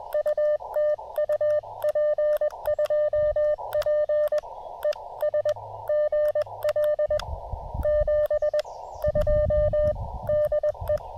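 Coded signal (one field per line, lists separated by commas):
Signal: Morse code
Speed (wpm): 21 wpm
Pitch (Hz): 600 Hz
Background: none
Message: UTU P2P ES GL 72 DE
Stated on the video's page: Real-time QRP CW Parks on the Air activation with an Elecraft KX2, KXPD2 paddles and a homebrew 40m end-fed half-wave antenna.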